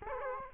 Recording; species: mosquito wingbeat signal from an infrared sensor; Culex quinquefasciatus